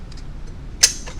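A small clip on the wiring compartment of a 6-inch Halo recessed light housing is snapped open by hand. After a faint tick around 0.1 s, a sharp snap at 0.8 s marks the clip releasing, and another brief tick follows at the very end. The clip is released, giving access to the wire compartment.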